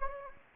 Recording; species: mosquito wingbeat signal from an infrared sensor; Anopheles gambiae